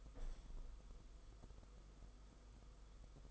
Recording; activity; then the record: daily activity, microphone in the room; open window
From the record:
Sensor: 5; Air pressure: 990.5 hPa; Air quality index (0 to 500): 164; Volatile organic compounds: 305 ppm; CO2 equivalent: 4493 ppm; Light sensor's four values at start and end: 17/40/16/18 and 17/40/16/18